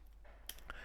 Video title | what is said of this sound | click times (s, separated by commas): Pagani Design PD-1661 (Cookie Monster Homage) 4K Watch Review | good positive click to the flip block | 0.5 s, 0.7 s